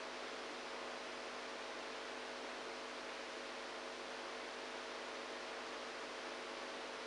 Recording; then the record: brain microelectrode recording played as sound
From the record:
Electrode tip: outside the subthalamic nucleus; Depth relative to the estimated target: 1 mm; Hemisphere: right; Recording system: NeuroSet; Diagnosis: Parkinson's disease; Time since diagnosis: 27 years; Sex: male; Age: 62 years